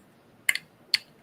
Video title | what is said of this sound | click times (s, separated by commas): 11-22-25 Saturday Night Laser Livestream! | And it just snaps into place. | 0.5 s, 0.9 s